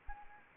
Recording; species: mosquito wingbeat signal from an infrared sensor; Anopheles arabiensis